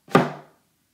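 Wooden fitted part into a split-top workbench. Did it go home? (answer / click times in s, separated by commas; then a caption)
yes / 0.2 s. A close-fitting wooden part of a yellow pine split-top workbench, after a year of seasonal movement, is pushed home and snaps into place with a single sharp thunk at 0.2 s. The thunk rings briefly and fades within about half a second, and the part sits snug and solid.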